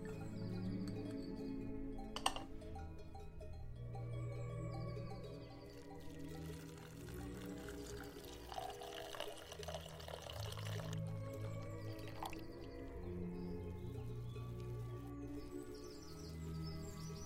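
Kitchen ambience with steady low music tones humming throughout, a sharp clink near two seconds, scattered soft clatter, and another clink around twelve seconds.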